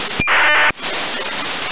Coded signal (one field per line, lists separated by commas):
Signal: ACARS aircraft data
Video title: SDR VHF ACARS 131. 25MHz 受信結果